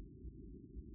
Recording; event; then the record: neck accelerometer signal played as sound; no cough (speech, laughter, throat clearing or background)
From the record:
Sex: female